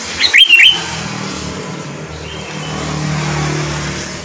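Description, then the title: Sooty-headed bulbul opening with a rapid bubbling whistled phrase, followed by steady background traffic noise. "Kutilang"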